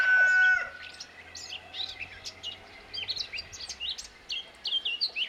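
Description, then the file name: Eurasian blackcap warbling song: quick, varied chirping and twittering notes run on for several seconds after a loud, brief tonal note at the very start. "Sylvia atricapilla"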